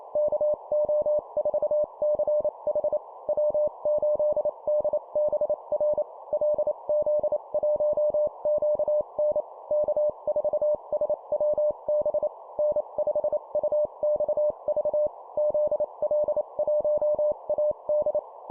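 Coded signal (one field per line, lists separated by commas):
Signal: Morse code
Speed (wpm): 28 wpm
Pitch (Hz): 600 Hz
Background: none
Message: KO4CH W8DBR LZ1QN K4SWB N5UXV ZL1AD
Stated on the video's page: Morse call-sign copy practice at 25 wpm for improving CW copy speed.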